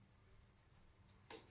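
An arrow's plastic nock is handled at the middle of the D loop on a compound bow string, over a steady low hum, with a brief sharp handling noise at 1.3 seconds. Nothing has seated or clicked yet; the nock should click onto the string, and no click would mean the nock is broken.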